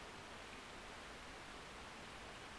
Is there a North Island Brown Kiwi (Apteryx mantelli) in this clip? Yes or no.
no